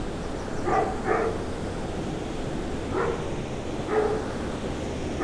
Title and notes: Rue des Comtes de Robiano 4, 1440 Braine-le-Château, Belgique - Moulin Banal and dog. Walking to the mill, a dog barks. Marche vers le moulin banal, un chien aboie